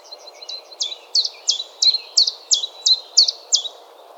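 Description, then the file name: Common chiffchaff singing a brisk series of bright, clipped notes that step up and down, about three per second, after a few quieter lead-in notes. "Johannes Buhl - Penochka-tenkovka Phylloscopus collybita"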